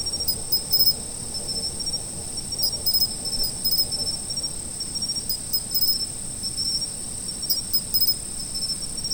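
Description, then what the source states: Insects chirping in a steady high-pitched drone, with bursts of pulsed chirps every couple of seconds over low background noise. Autumn insects.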